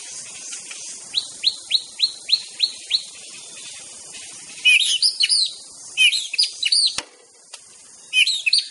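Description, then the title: White-rumped shama singing a run of short, evenly spaced upslurred whistles, then harsher chattering bursts and a sharp click, over a constant high insect drone. Natural song of a wild shama in the forest. "Kicau Asli Murai Batu Hutan"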